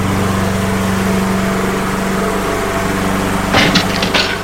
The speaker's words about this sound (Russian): А рев безумной газонокосилки становился все громче и громче, глуша все остальные звуки.